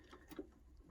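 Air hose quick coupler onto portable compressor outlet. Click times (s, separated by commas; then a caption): 0.3 s. The sleeve of an air hose's quick-release coupling is pulled back and the coupler is pushed onto the outlet plug of a portable battery air compressor. A short, sharp click at 0.3 s stands out over low background noise. The coupler seats in place and is confirmed rock-solid.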